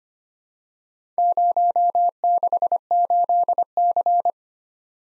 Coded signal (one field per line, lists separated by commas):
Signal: Morse code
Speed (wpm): 25 wpm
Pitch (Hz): 700 Hz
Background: none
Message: 068C